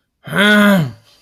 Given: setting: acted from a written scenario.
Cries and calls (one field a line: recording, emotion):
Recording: vocal sound without words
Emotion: anger